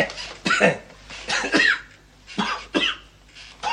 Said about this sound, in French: Tournez-vous. Toussez.